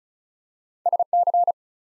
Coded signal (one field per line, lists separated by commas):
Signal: Morse code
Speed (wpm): 36 wpm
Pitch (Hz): 700 Hz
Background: none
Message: SC